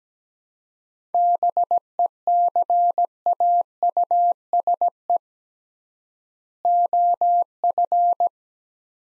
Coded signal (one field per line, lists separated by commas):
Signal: Morse code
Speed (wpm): 17 wpm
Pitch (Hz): 700 Hz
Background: none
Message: BECAUSE OF